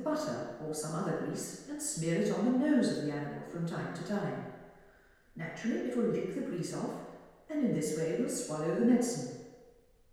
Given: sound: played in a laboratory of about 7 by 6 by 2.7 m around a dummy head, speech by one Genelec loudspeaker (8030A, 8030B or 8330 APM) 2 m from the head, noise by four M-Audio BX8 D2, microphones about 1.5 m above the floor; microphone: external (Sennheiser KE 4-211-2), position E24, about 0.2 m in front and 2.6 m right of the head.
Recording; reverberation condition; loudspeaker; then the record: female speech in English; high; 30 degrees to the left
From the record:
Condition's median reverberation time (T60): about 1300 ms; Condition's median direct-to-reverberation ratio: about -4.0 dB